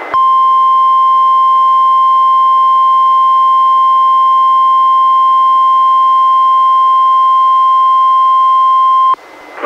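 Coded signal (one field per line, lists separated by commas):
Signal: Emergency Alert System (SAME) tones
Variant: 1050 Hz attention tone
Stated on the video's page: Required weekly tests relayed by a NOAA weather radio station, recorded from a weather radio receiver through an audio recorder.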